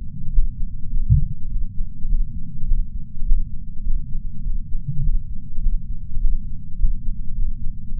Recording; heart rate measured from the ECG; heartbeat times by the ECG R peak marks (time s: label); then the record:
heart sounds by patch sensor on the chest; 102 bpm
0.31 s: heartbeat
0.89 s: heartbeat
1.48 s: heartbeat
2.07 s: heartbeat
2.66 s: heartbeat
3.24 s: heartbeat
3.83 s: heartbeat
4.42 s: heartbeat
5.02 s: heartbeat
5.61 s: heartbeat
6.19 s: heartbeat
6.77 s: heartbeat
7.34 s: heartbeat
7.95 s: heartbeat
From the record:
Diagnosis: coronary artery disease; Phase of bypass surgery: postoperative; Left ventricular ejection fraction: 64%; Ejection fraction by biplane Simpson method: 61.7%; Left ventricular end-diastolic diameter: 46 mm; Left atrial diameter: 31 mm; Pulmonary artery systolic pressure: 30 mmHg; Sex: male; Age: 43 years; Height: 177 cm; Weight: 75 kg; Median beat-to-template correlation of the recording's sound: 0.76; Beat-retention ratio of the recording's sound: 0.99